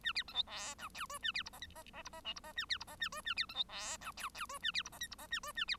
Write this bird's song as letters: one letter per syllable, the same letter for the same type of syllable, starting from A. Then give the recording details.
A B C D E F G H A B I J K J J I J L I J A B I J A H A B C D E F G G H A B I J K I J A H A B. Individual Bird1